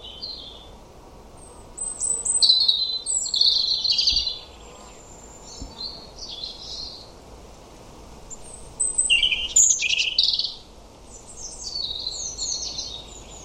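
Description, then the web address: European robin song in scattered bursts of thin, high twittering and short trilled notes, separated by quiet gaps of a second or two. "Deverinetal 2025 File origin Bird Only Er Ru"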